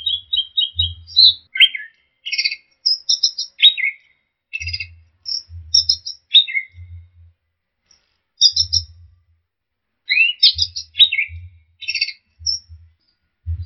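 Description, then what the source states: Orange-headed thrush song made of short, varied high phrases: trills, chips and slurred whistles in quick succession. Masteran (training) recording of orange-headed thrush song.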